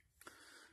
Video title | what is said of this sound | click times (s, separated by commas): TRU GLO BOW JACK FOLDING BOW STAND REVIEW!!!! ITS AWESOME!!!!! 🏹 | locks right here onto the bow you'll hear it click and lock in there and | 0.2 s, 0.3 s